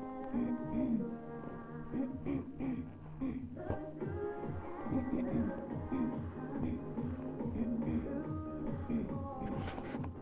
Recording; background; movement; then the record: throat clearing; music; sitting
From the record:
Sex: female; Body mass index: 22.6 kg/m2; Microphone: on the chest, facing the body